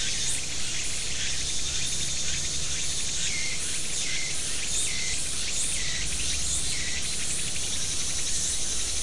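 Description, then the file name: Insect chirps in a regular run of brief buzzy pulses over dense high hiss and a low droning background. "mainly insect"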